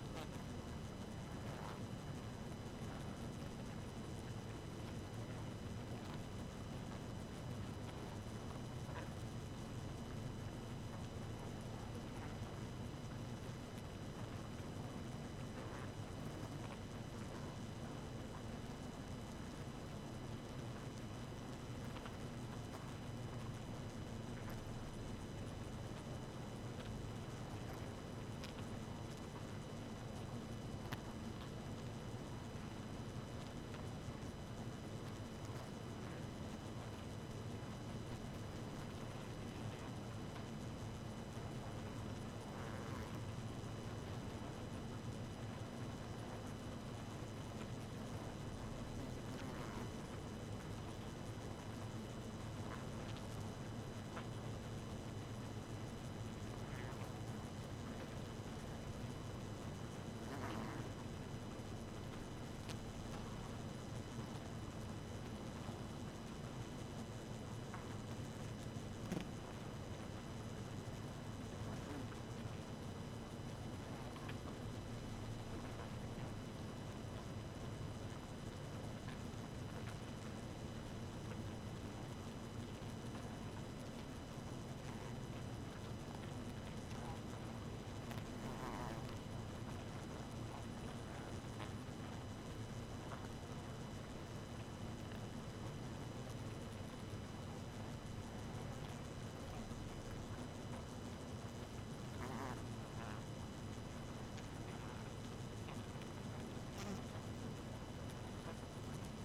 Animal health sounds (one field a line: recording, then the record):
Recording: honeybee colony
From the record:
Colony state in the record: active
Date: 12 June 2018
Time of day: 1:52